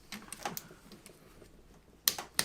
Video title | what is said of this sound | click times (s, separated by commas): Part 5 - Stripping the MINI R50 Midlands / Rover R65 Gearbox down to see how it works. | second click and finally the third click | 2.1 s